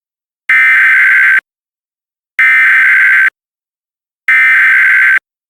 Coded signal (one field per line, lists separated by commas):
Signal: Emergency Alert System (SAME) tones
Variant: header bursts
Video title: El Lobo Negro and the River - an EAS Scenario/Audio Drama